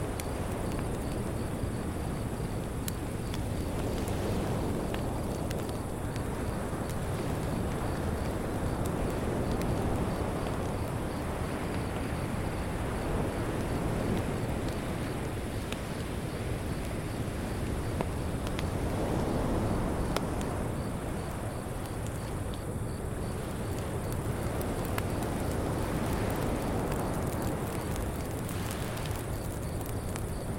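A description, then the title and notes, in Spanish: Soft Andaman Sea waves wash in a steady low rush with gentle swells, under a thin, constant cicada hum and faint fire crackles. Fogata en la Playa y Coro de Cigarras | Ambiente Nocturno Acogedor. Sumérgete en la serenata nocturna de Koh Yao Noi. El suave lamento del mar de Andamán se mezcla con el crepitar de una fogata en la playa. Mientras las cigarras nativas de la isla entonan una nana.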